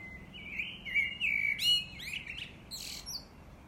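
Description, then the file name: Common blackbird singing a mellow fluted warble that slides and wavers, then breaks into a squeaky high twitter at the end of the phrase. "Turdus merula"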